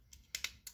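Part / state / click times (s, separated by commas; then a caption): plastic part of a transforming toy figure going into its slot / seated / 0.4 s. A plastic part of a Transformers Legacy Retro G1 Autobot Gears transforming toy robot figure is pushed into its slot during transformation. A series of short, bright plastic clicks is heard, with the loudest at 0.4 s and others near 0.1, 0.4 and 0.7 s. The part clicks right in and is seated at 0.4 s.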